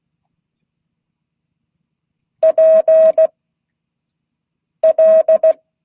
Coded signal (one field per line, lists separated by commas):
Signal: Morse code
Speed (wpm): 16 wpm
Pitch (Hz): 630 Hz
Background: none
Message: P L